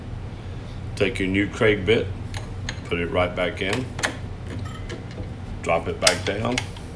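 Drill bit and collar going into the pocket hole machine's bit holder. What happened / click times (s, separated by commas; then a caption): The bit and collar are being handled and have not yet locked into the holder / none. A new Kreg drill bit and collar are fitted into the bit holder of a Kreg Foreman DB210 pocket hole machine and then dropped back down toward their pocket. Someone talks over faint handling noises and a few brief metallic ticks. Nothing has seated or clicked yet; the clip ends just before the part goes home.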